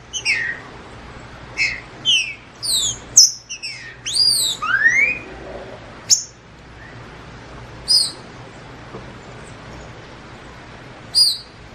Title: Trinca Ferro NICÃ O No Mato Disputando Com Solto